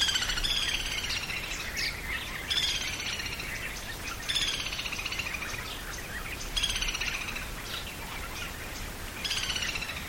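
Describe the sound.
White-headed jungle babbler harsh chatter, loud rasping bursts repeated about every two seconds between busy high squeaky notes, with a constant hiss behind.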